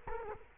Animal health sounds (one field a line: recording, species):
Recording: mosquito wingbeat signal from an infrared sensor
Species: Culex quinquefasciatus